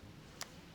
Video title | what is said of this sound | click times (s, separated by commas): MP40 - Quick Commentary | There it goes, clicks into place. | 0.4 s